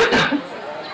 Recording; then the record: coughing mixed with background sound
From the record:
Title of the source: Barking cough - # 10